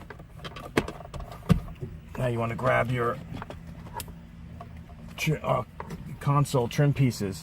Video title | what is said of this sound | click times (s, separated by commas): Short Shifter for Porsche 718, 981, 991 Install Video | this just snaps into place now | 0.8 s